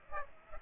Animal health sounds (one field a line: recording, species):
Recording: mosquito wingbeat signal from an infrared sensor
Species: Aedes aegypti